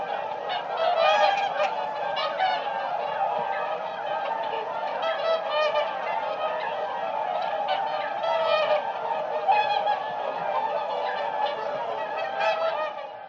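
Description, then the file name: Whooper swans calling together in a dense, continuous chorus of overlapping trumpeting honks. "audio hero Bird Whooper Swan"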